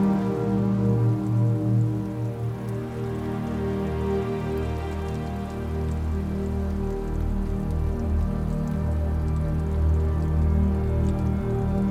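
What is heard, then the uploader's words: Raindrops tap in small, scattered ticks, light and irregular across the whole twelve seconds. Underneath, a loud, steady low hum with layered droning tones dominates, holding nearly constant in level throughout. Restorative Raindrops.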